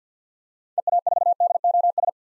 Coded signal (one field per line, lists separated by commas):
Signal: Morse code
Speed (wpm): 50 wpm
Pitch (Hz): 700 Hz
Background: none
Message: EA4DOS